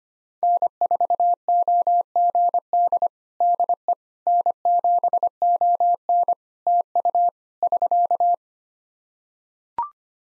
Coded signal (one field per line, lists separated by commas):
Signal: Morse code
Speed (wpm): 25 wpm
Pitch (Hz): 700 Hz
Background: none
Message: N4OGD DE N7ON TU <SK>